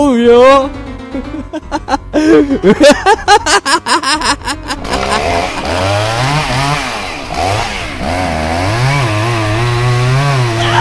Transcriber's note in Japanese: 不気味な笑い